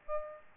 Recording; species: mosquito wingbeat signal from an infrared sensor; Aedes albopictus